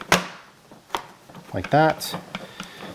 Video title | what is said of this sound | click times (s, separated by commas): IG545 the Adams Premium Detailing Bucket Complete kit impressions and review | And again, it just kind of locks into place with a quick push. | 0.1 s